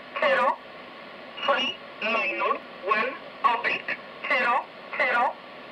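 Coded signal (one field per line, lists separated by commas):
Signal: numbers station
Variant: E07, English Man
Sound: a male voice reading short evenly spaced words, about seven, over radio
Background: radio static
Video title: Zahlensender E07 Nullmeldung mit Grundig, Eton Satellit 750, Tecsun S 2000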